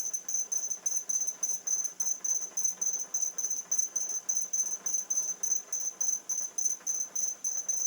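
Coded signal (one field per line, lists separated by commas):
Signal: beep code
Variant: e-puck robot swarm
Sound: rapid steady high-pitched beeping, about three per second, like a chirping cricket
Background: motor whir and rattling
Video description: This is achieved by exploiting beep sounds emitted and listened to by the robots. The e-pucks estimate the robots' density through the number of beeps perceived.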